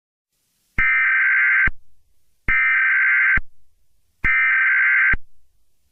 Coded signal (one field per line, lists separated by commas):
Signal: Emergency Alert System (SAME) tones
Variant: header bursts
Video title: EAS Scenario: Entity [SIERRA_CODE_0] Alert